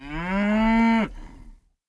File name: cow